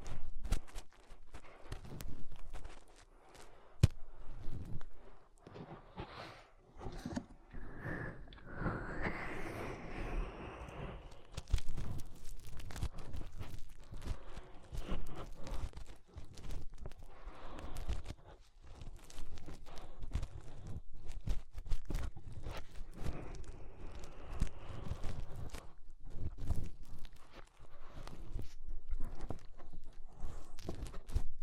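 Fingers rub and press at the inner ear, giving a dense run of muffled scratching, rustling and thumping that hardly lets up for the whole clip. Sharp crackles come in quick irregular bursts, with a brief brighter squeaky swell near ten seconds.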